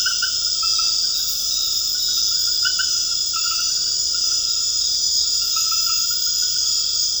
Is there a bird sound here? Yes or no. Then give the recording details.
no. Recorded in dense forest near Puerto Asís, Putumayo, Colombia, on 18 February 2024 at 22:00. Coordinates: 0.485, -76.325. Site G6429